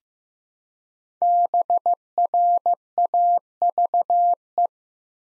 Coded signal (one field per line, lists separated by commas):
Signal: Morse code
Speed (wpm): 15 wpm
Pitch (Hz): 700 Hz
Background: none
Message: BRAVE